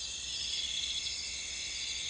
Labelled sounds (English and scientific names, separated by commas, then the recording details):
none
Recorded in pastures near Puerto Asís, Putumayo, Colombia, on 26 December 2024 at 02:30
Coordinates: 0.472, -76.329
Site G072